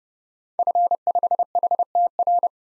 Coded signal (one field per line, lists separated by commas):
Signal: Morse code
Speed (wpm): 30 wpm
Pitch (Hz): 700 Hz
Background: none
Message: F5HTR